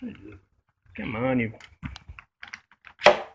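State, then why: Seated. Someone talks while working the handlebar height lock on the stem of an Exooter M2050 kick scooter, with a few small taps and rattles as it resists. At 3.1 s the metal lock engages with a loud, sharp click and seats.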